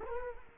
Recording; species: mosquito wingbeat signal from an infrared sensor; Culex quinquefasciatus